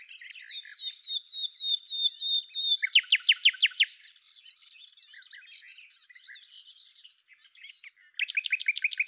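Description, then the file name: Common nightingale song: twittering, a long steady whistle, then a loud run of rapid repeated notes, with another such run starting near the end. "Luscinia megarhynchos"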